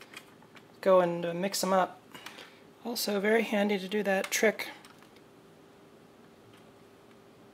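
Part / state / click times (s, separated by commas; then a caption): screw into a thread in the scale housing / not seated / none. A screw is being refitted into a thread in the housing of an old talking scale, handled and not yet home. Someone talks over faint small ticks and handling sounds, and the clip ends before the screw is turned backwards for its thread to drop in with a click, so nothing has seated or clicked yet.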